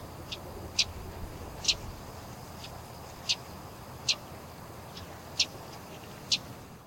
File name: Geothlypis trichas - Common Yellowthroat